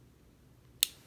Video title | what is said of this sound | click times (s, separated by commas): Jabra Speak 710 Unboxing | That's got a nice click to it | 0.8 s